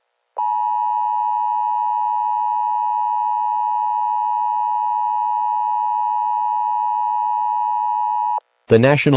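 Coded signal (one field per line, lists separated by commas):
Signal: Emergency Alert System (SAME) tones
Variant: 853 and 960 Hz attention tone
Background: speech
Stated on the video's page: Fictional earthquake-warning EAS scenario made with valid tones; simulated, not a real alert.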